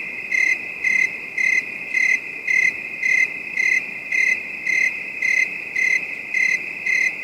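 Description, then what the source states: Cricket chorus with a continuous shrill ringing tone and bright pulsed chirps pulsing roughly every half second, evenly spaced throughout. Night ambience; a calm, distant bed of high-pitched crickets.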